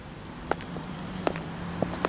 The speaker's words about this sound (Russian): Женщина в босоножках на высоких каблуках обходит стол. Что это? Не знаю. Почему не знаете? Я сделал то же, что и женщина, которая шла перед нами. Слышали ее шаги?